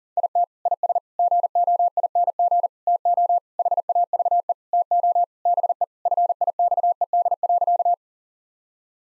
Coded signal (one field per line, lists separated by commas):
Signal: Morse code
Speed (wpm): 37 wpm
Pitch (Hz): 700 Hz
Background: none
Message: IT IS GOING TO HAVE TO BE FIXED.